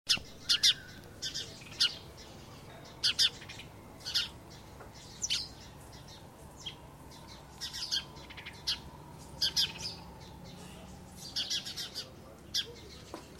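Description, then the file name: House sparrow chirping: bright, sharp chirps given singly and in quick pairs or triplets, spaced irregularly. "Passer domesticus"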